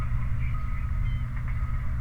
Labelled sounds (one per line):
bird
truck